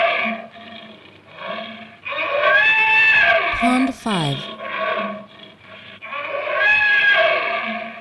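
Panther roaring in long, harsh, rasping bursts with short pauses between, and a brief sweeping sound midway.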